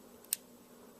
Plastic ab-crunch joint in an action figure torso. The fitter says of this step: then it's like snaps right into place